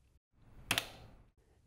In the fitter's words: press the electrode assembly straight down into the tray by pressing on the green tabs until you hear a click